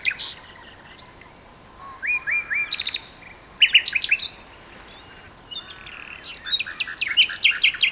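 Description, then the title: Common nightingale song with long pure whistles, short rising notes and harsh rapid rattles, phrases separated by a brief pause. Two nightingales singing a duet on heathland at Westleton Heath. "sanderson. nightingale duet on westleton heath"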